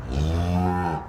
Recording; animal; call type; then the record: contact call of a hoofed animal; cattle; low-frequency (closed-mouth) or high-frequency (open-mouth) call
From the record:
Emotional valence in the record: negative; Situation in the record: full separation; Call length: 1.09 s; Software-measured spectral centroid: 1550 Hz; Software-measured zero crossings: 880 a second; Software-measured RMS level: -24 dBFS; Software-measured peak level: -12 dBFS